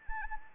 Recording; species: mosquito wingbeat signal from an infrared sensor; Anopheles arabiensis